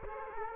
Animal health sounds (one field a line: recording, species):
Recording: mosquito wingbeat signal from an infrared sensor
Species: Culex quinquefasciatus